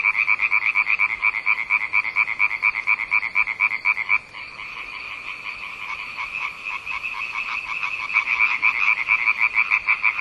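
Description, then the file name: Quick pulsed frog croaks repeat about twice a second, fade into a softer overlapping chorus, then return loudly near the end. "zaby"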